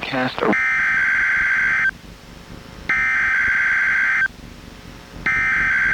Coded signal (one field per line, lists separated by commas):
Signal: Emergency Alert System (SAME) tones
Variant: header bursts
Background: speech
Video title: EAS #1070: NWR Required Weekly Test- Mar. 19, 2025- 11:01AM PDT